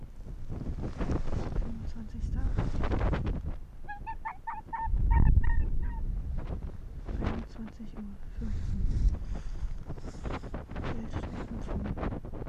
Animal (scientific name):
Vulpes lagopus